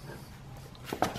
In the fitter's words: all right just clicks into place right here